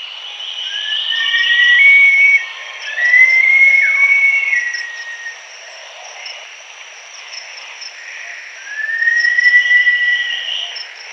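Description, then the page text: Green-backed kingfisher calls: drawn-out rising whistles, partly overlapping early on, then a single long whistle near the end, with a constant high-pitched background drone. "Green-Backed Kingfisher Call. Quick Sounds"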